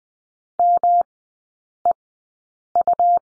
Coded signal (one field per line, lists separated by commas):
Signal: Morse code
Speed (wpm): 19 wpm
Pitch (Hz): 700 Hz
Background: none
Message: MEU